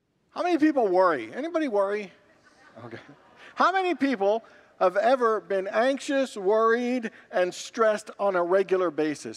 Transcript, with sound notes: How many people worry? Anybody worry? [Congregants laugh] Okay. How many people have ever been anxious, worried, and stressed on a regular basis?